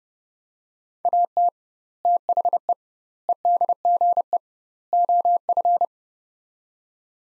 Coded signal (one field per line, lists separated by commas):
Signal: Morse code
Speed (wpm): 30 wpm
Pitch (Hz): 700 Hz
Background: none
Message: AT THE EDGE OF